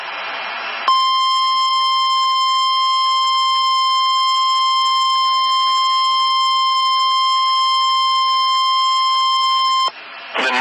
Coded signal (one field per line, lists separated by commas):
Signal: Emergency Alert System (SAME) tones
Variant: 1050 Hz attention tone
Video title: Severe Thunderstorm Warning EAS#25 Tulsa,OK